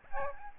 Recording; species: mosquito wingbeat signal from an infrared sensor; Aedes albopictus